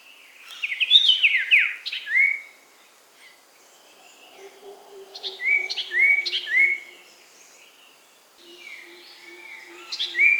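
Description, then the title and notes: Bird song of rising whistled notes and chirps in bursts, pausing between phrases. "Kicau Burung Lengkap"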